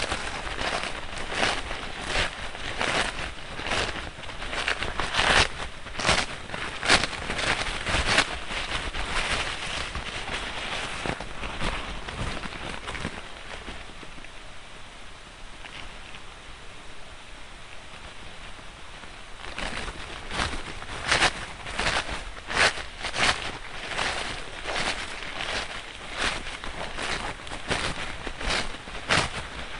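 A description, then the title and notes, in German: Napkin roses are being folded, with dense, rapid crinkling and rustling of soft paper that patters almost like rain. The handling quiets to a softer, sparser rustle from about 14 to 19 seconds, then the busy crinkling returns. Eine Serviette oder ein Taschentuch, eine Schere, eine feste Unterlage auf der ihr eure Serviette ausbreiten könnt und Draht, einen Gummiring oder etwas Faden. Serviettenrosen Basteln.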